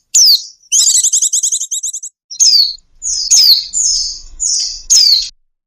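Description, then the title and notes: Bird calls: sharp descending whistled notes alternating with a rapid, buzzy trilled series of repeated chirps, all high-pitched, with short pauses between phrases. Bird lure sounds used to attract stubborn, hard-to-approach birds. "Suara Burung Bandel Yang Susah Mendekati. Kompilasi Suara Pikat Burung"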